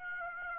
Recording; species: mosquito wingbeat signal from an infrared sensor; Aedes aegypti